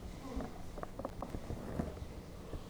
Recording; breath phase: one breath near a microphone; exhalation